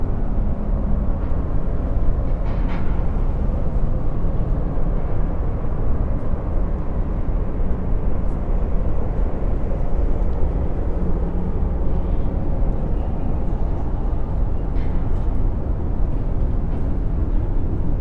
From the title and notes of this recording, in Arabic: مشهد المدينة الصاخب | أصوات من أفق المدينة. نستدرجك لتصعد 20 طابقًا فوق منظر المدينة المتنوع.